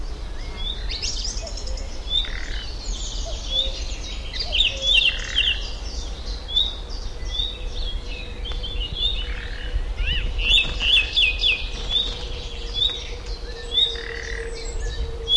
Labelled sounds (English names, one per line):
Common Nightingale alarm call